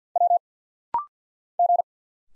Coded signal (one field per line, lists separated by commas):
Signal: Morse code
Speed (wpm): 50 wpm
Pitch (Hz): 700 Hz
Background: none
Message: W G